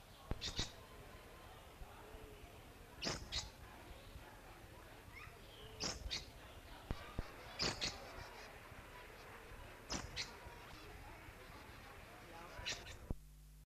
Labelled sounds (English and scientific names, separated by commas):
Blue-crowned Hanging Parrot (Loriculus galgulus) call